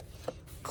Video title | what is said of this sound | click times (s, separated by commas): 2nd row Expedition Captain Seat swap for “Money Pit” the 2016 7.3 Excursion | clicks right in pulls | 0.7 s